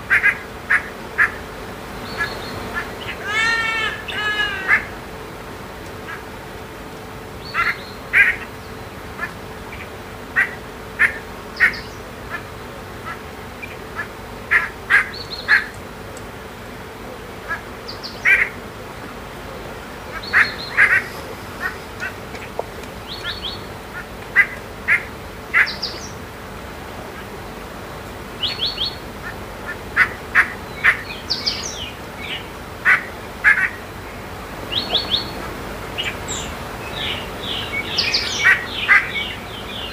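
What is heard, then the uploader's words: Morning on a river: frequent short bird calls and a rapid trilling burst early on, over a low steady hum and quiet water. Morning on the Zambezi River. Recorded near Simonga, Zambia.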